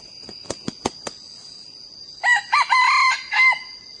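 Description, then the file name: Red junglefowl crowing: several sharp clicks, then a short four-part crow, over a steady high insect trill. Young male crowing. "ไก่ป่าหนุ่มขัน"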